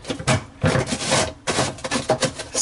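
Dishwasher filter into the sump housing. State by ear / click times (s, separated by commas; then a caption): not seated / none. A plastic filter is lined up and set into the sump opening of a Samsung dishwasher, as part of a fix for a blinking Normal light, before being twisted to lock. Only bursts of rubbing and scraping plastic are heard, with a brief sharp scrape near 1.9 seconds. Nothing has clicked or locked yet.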